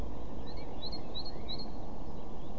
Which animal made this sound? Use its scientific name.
Parus major